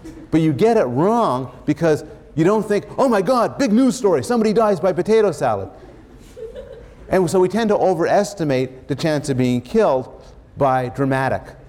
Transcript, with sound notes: But you get it wrong because you don’t think, “Oh, my God, big news story. Somebody dies by potato salad.” [laughter] And so, we tend to overestimate the chance of being killed by dramatic